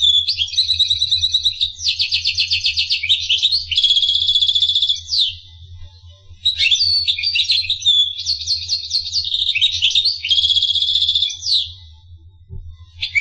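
Finch song in long phrases of rapid high buzzy trills and twitters, several strophes separated by short pauses, with a faint low hum in the background.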